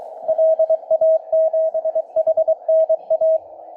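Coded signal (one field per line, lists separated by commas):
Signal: Morse code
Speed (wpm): 26 wpm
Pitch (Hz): 660 Hz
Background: radio noise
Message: LA7HNA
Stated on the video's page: 20 meter CW from a special-event station, received on a Malahit DSP2 receiver with an endfed antenna.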